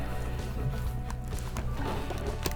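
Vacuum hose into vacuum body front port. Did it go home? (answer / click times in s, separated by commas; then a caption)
no / none. A plastic hose is handled against the front port of an ORECK 20V M-PWR SLING Vac cordless vacuum cleaner over a steady tonal background, with a few brief knocks around 1.1, 1.6 and 2.5 seconds. Nothing has seated or clicked yet.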